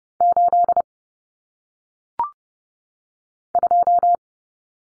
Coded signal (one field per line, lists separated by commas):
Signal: Morse code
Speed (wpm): 30 wpm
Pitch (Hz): 700 Hz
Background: none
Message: 8 2